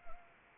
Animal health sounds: mosquito wingbeat signal from an infrared sensor; Anopheles arabiensis

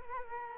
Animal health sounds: mosquito wingbeat signal from an infrared sensor; Culex quinquefasciatus

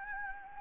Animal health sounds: mosquito wingbeat signal from an infrared sensor; Anopheles gambiae

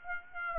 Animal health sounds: mosquito wingbeat signal from an infrared sensor; Aedes aegypti

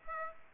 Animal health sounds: mosquito wingbeat signal from an infrared sensor; Aedes aegypti

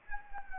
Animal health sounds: mosquito wingbeat signal from an infrared sensor; Anopheles gambiae

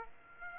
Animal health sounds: mosquito wingbeat signal from an infrared sensor; Aedes aegypti

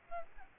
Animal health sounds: mosquito wingbeat signal from an infrared sensor; Aedes albopictus

